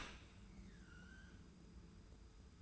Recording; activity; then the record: daily activity, microphone in the room; open dishwasher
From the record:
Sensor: 2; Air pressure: 991.2 hPa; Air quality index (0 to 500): 140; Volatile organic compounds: 251 ppm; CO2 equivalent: 4362 ppm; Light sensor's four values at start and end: 39/112/44/42 and 39/112/44/42